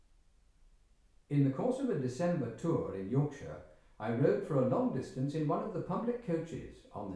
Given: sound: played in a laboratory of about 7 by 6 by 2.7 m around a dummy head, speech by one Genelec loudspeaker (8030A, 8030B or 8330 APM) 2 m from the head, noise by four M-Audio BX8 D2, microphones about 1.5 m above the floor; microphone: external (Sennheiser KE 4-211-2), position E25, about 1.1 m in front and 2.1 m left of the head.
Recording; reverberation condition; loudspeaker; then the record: male speech in English; medium; 90 degrees to the left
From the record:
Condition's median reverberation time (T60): about 510 ms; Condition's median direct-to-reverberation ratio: about -0.5 dB